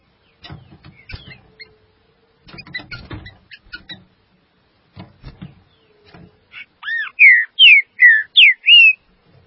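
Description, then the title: Green-winged saltator song: a burst of loud, clear whistled notes, arched and descending, near the end, after several seconds of scattered clicking and knocking noises. "Trinca Ferro"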